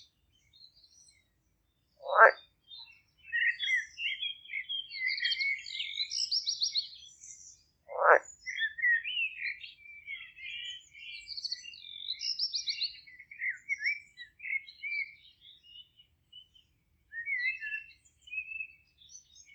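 Birds sing in a near-continuous stream of bright chirps and trills, broken by two low frog croaks at about two and eight seconds.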